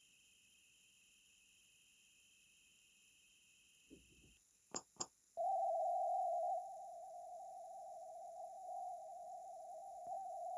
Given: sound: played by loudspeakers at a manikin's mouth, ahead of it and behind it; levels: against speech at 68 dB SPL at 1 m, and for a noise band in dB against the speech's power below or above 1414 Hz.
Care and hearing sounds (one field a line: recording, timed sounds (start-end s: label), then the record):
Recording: test signals for a remote microphone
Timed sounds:
0.00-4.37 s: noise band at 2828 Hz, as loud as that band is in speech
4.74 s: click
4.99 s: click
5.37-10.07 s: noise band at 707 Hz, -10 dB
10.07-10.58 s: noise band at 707 Hz, -5 dB
From the record:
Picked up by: remote microphone A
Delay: 47 ms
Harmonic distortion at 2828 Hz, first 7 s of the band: under -16 dB (system noise only)